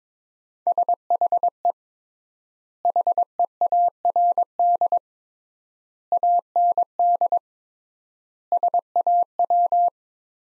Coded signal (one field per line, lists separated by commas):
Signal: Morse code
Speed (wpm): 21 wpm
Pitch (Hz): 700 Hz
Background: none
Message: SHE HEARD AND SAW